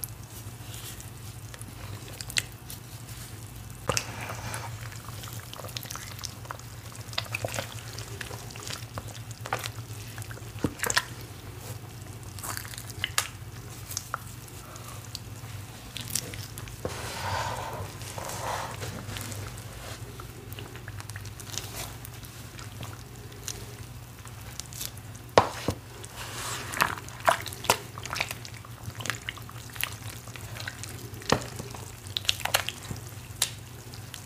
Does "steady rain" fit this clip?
no